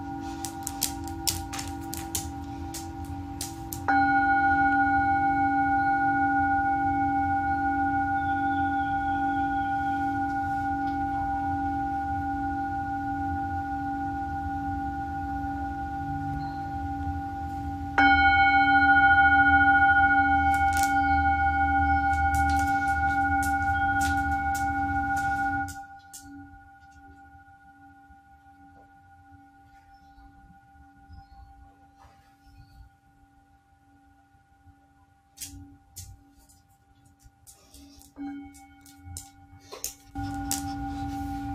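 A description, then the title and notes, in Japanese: A singing bowl is struck near 4 seconds and again near 18 seconds, each strike ringing out as a long, steady tone with bright, shimmering overtones. A low rumbling hum sits underneath until about 26 seconds, then the sound drops to near quiet with faint clicks. メキシコから シンギングボウルのサウンドヒーリング ライブ。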